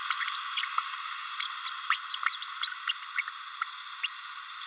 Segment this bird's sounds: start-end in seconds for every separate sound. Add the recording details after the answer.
1.90-1.98, 2.62-2.69, 2.89-2.93, 4.03-4.08. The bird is a female. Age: 30 days. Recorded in a nest box in Venezuela. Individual 17B32A7